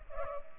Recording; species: mosquito wingbeat signal from an infrared sensor; Culex pipiens